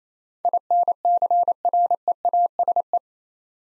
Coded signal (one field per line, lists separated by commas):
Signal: Morse code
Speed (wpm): 28 wpm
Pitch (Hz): 700 Hz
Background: none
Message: INCREASE